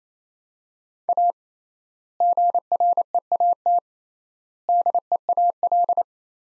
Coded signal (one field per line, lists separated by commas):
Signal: Morse code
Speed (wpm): 27 wpm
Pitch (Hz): 700 Hz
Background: none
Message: A GREAT DEAL